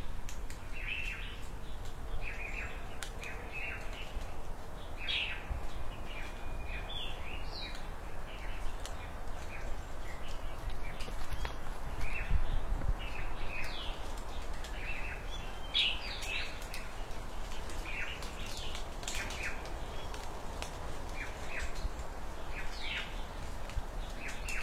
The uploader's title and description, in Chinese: 早上我家屋前鸟叫村里鹅叫。音频录制的场地是我家屋前的池塘边，鸟叫鹅叫，还有狗叫，好一副和谐乡村之音。